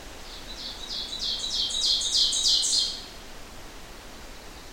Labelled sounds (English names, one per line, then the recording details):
Ovenbird song
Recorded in boreal forest in Alberta, Canada, on 12 June 2016 at 07:15
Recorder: SongMeter 3, array SBT-3-18
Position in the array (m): 122 m, 108 m
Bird 29